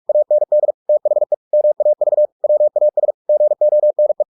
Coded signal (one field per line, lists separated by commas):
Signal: Morse code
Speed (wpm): 46 wpm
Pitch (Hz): 600 Hz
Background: none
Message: AND THE MAV WAS GONE